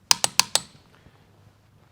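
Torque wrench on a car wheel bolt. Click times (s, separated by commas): 0.1 s, 0.4 s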